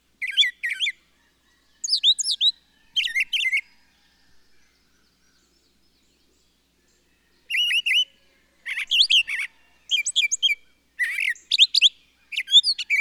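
Bird song of brief chirped bursts, then several seconds of silence, then a faster run of high twittering phrases.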